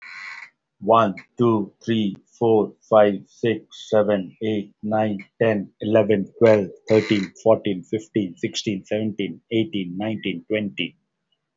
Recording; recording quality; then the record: counting at a normal pace; excellent, no background noise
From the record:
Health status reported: healthy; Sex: male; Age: 50 years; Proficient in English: yes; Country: India